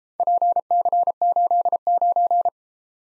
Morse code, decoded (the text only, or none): PC89